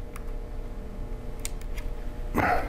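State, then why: Seated. A plastic bottom cover is pressed down onto an HP 15.6-inch laptop chassis, with smaller ticks before loud, sharp snaps at about 1.4 s and 2.4 s as its clips lock in. The cover is seated, its clips snapping down very hard.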